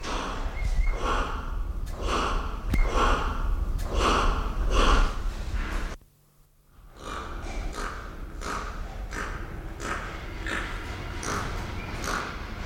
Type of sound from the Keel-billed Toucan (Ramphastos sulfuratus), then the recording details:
call. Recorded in captivity. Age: adult. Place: Zoo Berlin, Berlin, DE. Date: 1993-01-16 11:52. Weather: 10-14 °C, sonnig. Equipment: Marantz CP 430, Sennheiser ME 80, Kopie Uher Variocord 263. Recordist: Tembrock, Günter